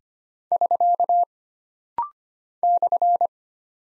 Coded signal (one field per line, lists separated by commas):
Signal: Morse code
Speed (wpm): 25 wpm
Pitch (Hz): 700 Hz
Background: none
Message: <SK> /